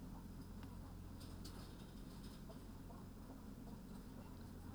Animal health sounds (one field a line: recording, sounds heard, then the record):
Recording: poultry house recording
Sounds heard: healthy chickens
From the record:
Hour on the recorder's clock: 14